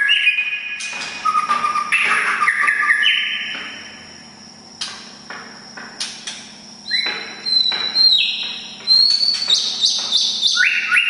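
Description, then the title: Oriental magpie-robin song: loud varied whistles early, a softer spell of faint clicks and notes, then high sustained whistles returning strongly. "kacer"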